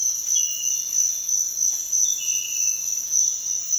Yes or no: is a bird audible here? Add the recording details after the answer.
no. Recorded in dense forest near Puerto Asís, Putumayo, Colombia, on 23 June 2025 at 06:00. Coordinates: 0.468, -76.322. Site GP03